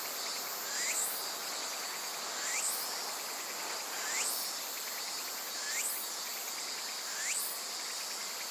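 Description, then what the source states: Insects in a steady high chorus, with a louder rising call repeated about every one and a half seconds, five times. Various insects in a forest thick with trees beside the Azusa River, Shinano River system, Shinshu, Japan.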